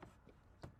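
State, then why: Not seated. A pool filter cartridge that was not fully down is handled as it is pushed toward its seat in the filter canister manifold. Two short knocks are heard, at about 0.0 and 0.6 seconds, over a low rubbing background. Nothing has seated or clicked yet.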